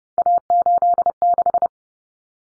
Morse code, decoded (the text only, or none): A86